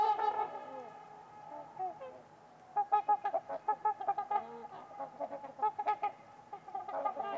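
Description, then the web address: Trumpeter swans trumpeting, loud honks at the start, a short lull, then a steady series of rhythmic, brassy calls from several birds. Trumpeter swans on a winter's eve at Winters Lake in a deep, silent valley in winter. "Trumpeter Swans on a Winter's Eve. Winters-Lake-with-Swan. Wind Is the Original Radio"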